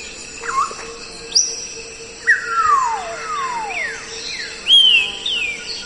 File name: canto do papagaio cinzento